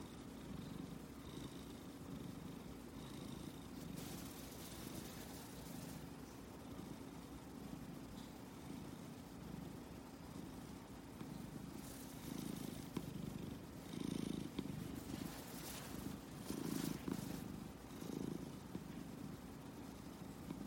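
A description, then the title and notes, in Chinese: A husband snores in a steady, low, rattling drone that runs through the whole recording. Breathy noise washes over it at intervals, and the snore swells louder and rougher between about twelve and eighteen seconds, with several strong pulses before easing again. 相公的呼嚕聲。沒聽過這麼可愛舒服的呼嚕聲。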